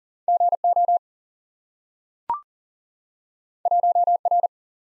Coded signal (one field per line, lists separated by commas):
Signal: Morse code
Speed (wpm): 42 wpm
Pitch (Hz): 700 Hz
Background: none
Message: GO 1R